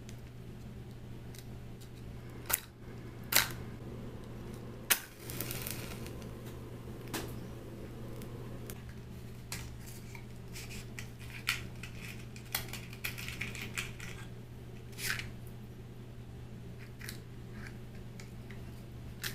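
A match is handled among small objects, with sharp clicks and taps at about 2.5, 3.4 and 5 seconds, then lighter ticks and light clinks scattered through the rest. A steady low hum runs underneath the whole time, with a faint soft hiss around the taps.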